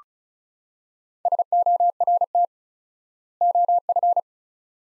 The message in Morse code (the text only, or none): SORT OF